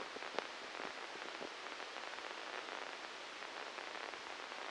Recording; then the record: brain microelectrode recording played as sound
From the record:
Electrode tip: inside the subthalamic nucleus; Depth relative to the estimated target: 0 mm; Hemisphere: left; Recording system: NeuroSet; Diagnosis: Parkinson's disease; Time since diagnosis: 13 years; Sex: male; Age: 63 years